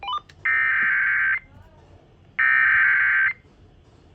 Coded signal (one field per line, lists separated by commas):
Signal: Emergency Alert System (SAME) tones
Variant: header bursts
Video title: WWG49 Severe Thunderstorm Warning with relays from KTJJ & KDBB. 7/30/25 EAS #466-468